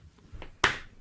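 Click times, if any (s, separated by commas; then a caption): 0.6 s. The latch on a hard, padded, weatherproof plastic eyepiece case is pushed shut, with faint handling taps at 0.2 s and 0.4 s. A loud, sharp click at 0.6 s rings briefly and fades. The latch snaps closed and the case is shut.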